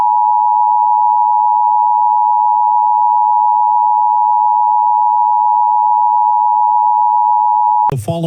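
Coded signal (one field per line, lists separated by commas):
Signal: Emergency Alert System (SAME) tones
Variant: 853 and 960 Hz attention tone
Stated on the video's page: Fictional EAS scenario, not a real alert.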